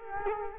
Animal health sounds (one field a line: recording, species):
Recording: mosquito wingbeat signal from an infrared sensor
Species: Culex quinquefasciatus